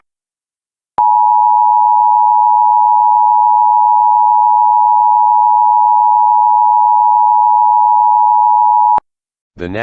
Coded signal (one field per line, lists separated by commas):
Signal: Emergency Alert System (SAME) tones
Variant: 853 and 960 Hz attention tone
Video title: EAS Scenario - Omega